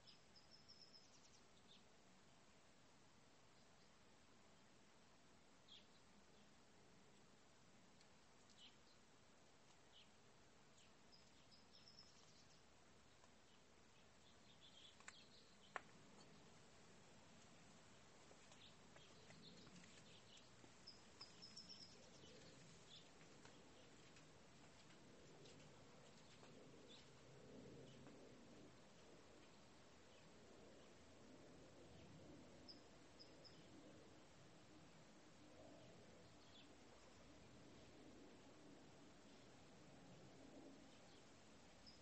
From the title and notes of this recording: This is another peaceful episode of the sounds in my backyard.